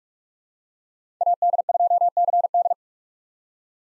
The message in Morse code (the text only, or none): AD2CD